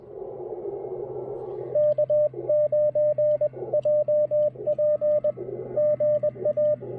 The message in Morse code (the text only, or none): K9JP GA